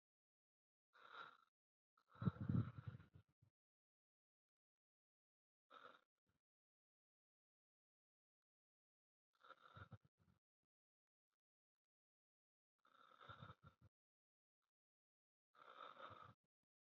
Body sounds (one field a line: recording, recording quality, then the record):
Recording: deep breathing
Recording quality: excellent, no background noise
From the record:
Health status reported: respiratory illness, not identified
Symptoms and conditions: asthma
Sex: male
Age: 22 years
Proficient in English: yes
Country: United States